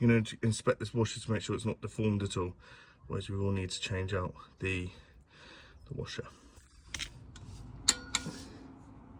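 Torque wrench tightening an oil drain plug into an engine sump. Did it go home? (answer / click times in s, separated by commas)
yes / 7.9 s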